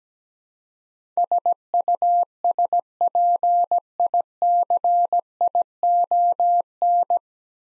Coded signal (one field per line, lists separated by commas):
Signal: Morse code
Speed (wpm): 17 wpm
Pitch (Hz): 700 Hz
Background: none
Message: SUSPICION